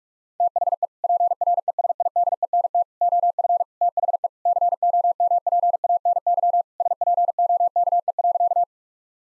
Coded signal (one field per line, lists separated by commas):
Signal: Morse code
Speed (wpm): 46 wpm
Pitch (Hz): 700 Hz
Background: none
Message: THE PRESIDENT OF THE COMPANY SPOKE.